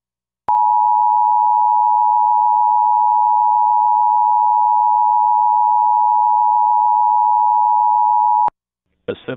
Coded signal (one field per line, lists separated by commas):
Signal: Emergency Alert System (SAME) tones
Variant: 853 and 960 Hz attention tone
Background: speech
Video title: EAS #740-741: 2 EAS Required Monthly Tests- Feb. 7, 2023- 12:15AM PST